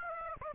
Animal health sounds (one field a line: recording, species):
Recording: mosquito wingbeat signal from an infrared sensor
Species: Aedes aegypti